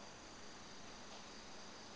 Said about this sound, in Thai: พอคิดเรื่องแบบนี้เนี่ยนะใจมันก็หูมันก็ไม่รับรู้นะว่ามีเสียงจิ้งหรีดอยู่